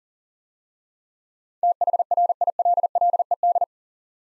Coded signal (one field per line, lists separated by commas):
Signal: Morse code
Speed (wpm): 40 wpm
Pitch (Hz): 700 Hz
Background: none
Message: THRILLED